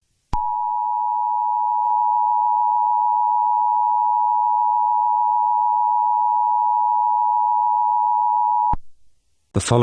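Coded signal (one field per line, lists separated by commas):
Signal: Emergency Alert System (SAME) tones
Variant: 853 and 960 Hz attention tone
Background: speech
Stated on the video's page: Fictional EAS scenario with text-to-speech voice.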